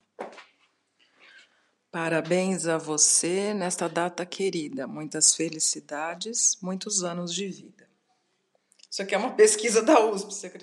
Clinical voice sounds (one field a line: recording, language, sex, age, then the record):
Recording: short text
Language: Brazilian Portuguese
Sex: female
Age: 40 to 49 years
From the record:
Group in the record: control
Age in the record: 48 years